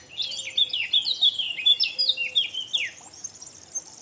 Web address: SETE data Sylvia atricapilla